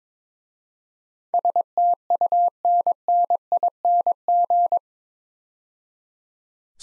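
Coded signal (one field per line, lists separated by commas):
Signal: Morse code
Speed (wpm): 22 wpm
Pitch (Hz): 700 Hz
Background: none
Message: STUNNING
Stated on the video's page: Morse practice drill at 22 wpm sending 8-letter words for head-copy; first letters spoken, word sent, spoken, then sent again.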